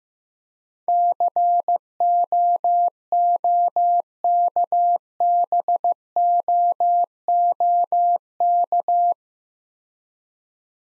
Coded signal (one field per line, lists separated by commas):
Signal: Morse code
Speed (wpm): 15 wpm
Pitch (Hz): 700 Hz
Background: none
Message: COOKBOOK